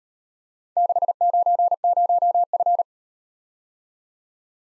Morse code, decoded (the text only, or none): 690F